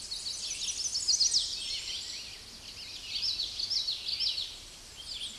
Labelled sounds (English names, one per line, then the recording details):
Common Yellowthroat song
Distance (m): 20 m
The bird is about level with the microphone
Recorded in a Pennsylvania forest on 16 May 2024 at 07:11
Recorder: AudioMoth, point MSD-0215
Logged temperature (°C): 16.1 °C
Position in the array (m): 38 m, 147 m